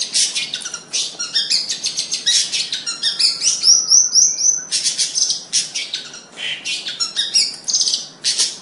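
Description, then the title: Bird song, high and varied, with rapid chirps, buzzy bursts and a short run of rising whistled notes, delivered almost continuously. "Kicau Burung"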